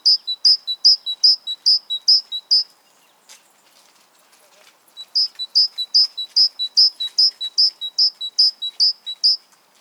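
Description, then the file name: Great tit calling in fast, high, evenly spaced notes in two runs separated by a short quiet gap. "Parus major"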